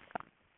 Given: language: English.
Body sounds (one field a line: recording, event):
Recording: throat vibration sensor signal played as sound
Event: swallow